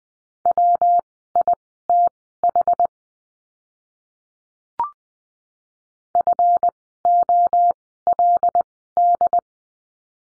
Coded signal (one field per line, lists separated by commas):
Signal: Morse code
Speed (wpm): 20 wpm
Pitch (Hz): 700 Hz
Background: none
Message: WITH FOLD